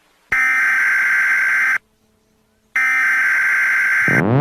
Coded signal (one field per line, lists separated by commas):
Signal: Emergency Alert System (SAME) tones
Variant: header bursts